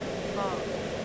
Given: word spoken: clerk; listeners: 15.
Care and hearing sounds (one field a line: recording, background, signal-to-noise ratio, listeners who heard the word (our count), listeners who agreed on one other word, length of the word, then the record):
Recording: one English word in noise, from a listening test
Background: speech-shaped noise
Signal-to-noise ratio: -4.8 dB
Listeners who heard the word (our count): 0 of 15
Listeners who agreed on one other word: 6 of 15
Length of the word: 0.65 s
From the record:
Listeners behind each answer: 6, 2, 2, 1, 1, 1, 1, 1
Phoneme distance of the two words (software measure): 17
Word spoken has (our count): 1 syllable, 4 phonemes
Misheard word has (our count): 1 syllable, 3 phonemes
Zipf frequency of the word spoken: 3.53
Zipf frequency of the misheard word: 5.08